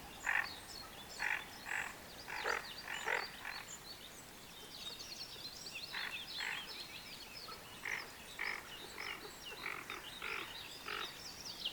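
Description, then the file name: Greater scaup giving short harsh croaking calls in a loose series, many bursts separated by pauses. "Moretta Grigia"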